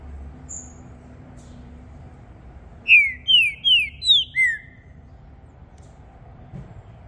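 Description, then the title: Green-winged saltator: five clear down-slurred whistles delivered rapidly, the final note lower and longer, with a soft high chip early on. Song used to warm up a contest bird and get it singing; a feisty bird switching through various song types. "Esse É PERFEITO Para ESQUENTAR Seu TRINCA Piando, Cantando E Macheando Na DISPUTA. Trinca Ferro VALENTE! VIRANDO VARIOS TIPOS DE CANTOS!! Melhor para ABRIR O CANTO!!"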